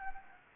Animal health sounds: mosquito wingbeat signal from an infrared sensor; Anopheles gambiae

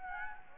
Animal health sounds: mosquito wingbeat signal from an infrared sensor; Anopheles gambiae

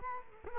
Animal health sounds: mosquito wingbeat signal from an infrared sensor; Culex quinquefasciatus

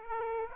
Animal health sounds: mosquito wingbeat signal from an infrared sensor; Aedes aegypti

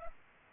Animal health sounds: mosquito wingbeat signal from an infrared sensor; Culex pipiens

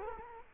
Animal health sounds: mosquito wingbeat signal from an infrared sensor; Culex quinquefasciatus

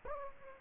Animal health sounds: mosquito wingbeat signal from an infrared sensor; Aedes aegypti

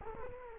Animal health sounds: mosquito wingbeat signal from an infrared sensor; Culex quinquefasciatus

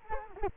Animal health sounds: mosquito wingbeat signal from an infrared sensor; Culex quinquefasciatus

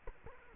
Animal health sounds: mosquito wingbeat signal from an infrared sensor; Culex quinquefasciatus

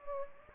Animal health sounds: mosquito wingbeat signal from an infrared sensor; Anopheles gambiae

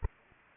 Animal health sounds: mosquito wingbeat signal from an infrared sensor; Anopheles arabiensis

